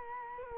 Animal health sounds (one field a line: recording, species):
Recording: mosquito wingbeat signal from an infrared sensor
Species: Culex quinquefasciatus